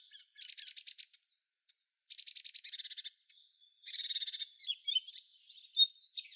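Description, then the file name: Eurasian blue tit uttering high, harsh, rattling churrs in quick succession, followed by a scattering of thin, sharp, high-pitched notes. "Cyanistes caeruleus"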